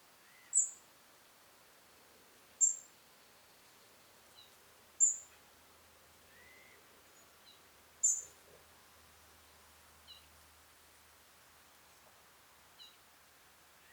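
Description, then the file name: European robin: high, sharp call notes repeated every two to three seconds, with faint lower chirps scattered between them. "Erithacus rubecula"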